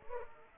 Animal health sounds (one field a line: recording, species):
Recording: mosquito wingbeat signal from an infrared sensor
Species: Culex pipiens